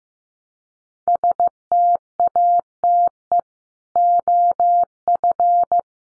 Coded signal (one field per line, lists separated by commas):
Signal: Morse code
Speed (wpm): 15 wpm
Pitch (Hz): 700 Hz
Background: none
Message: STATE OF